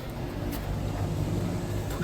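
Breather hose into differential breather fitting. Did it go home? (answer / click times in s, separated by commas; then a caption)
no / none. A differential breather extension hose on a 2019 TRD Off Road 4Runner is brought round under the vehicle and lined up with the differential breather fitting before being pushed in. Only a steady low rumble and broadband noise are heard, with no sharp sounds. Nothing has clicked or seated yet.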